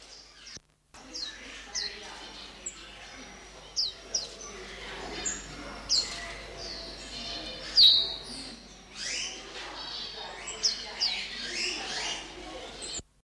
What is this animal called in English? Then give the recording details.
Oriental White-eye. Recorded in captivity. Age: adult. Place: Zoo Berlin, Berlin, DE. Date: 1988-11-05 10:43. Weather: sunny, -3 to 3°C. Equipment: Sony WM-D6C, Kopie 19 cm. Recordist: Tembrock, Günter